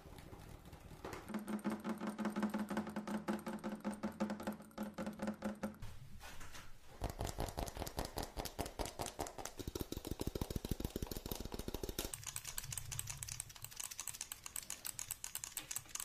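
Fast tapping runs almost without pause, a dense stream of sharp, even clicks. For the first few seconds a low hum and a thin high whine sit under the taps. Later the tapping turns heavier and deeper, then shifts to a lighter, brighter patter near the end.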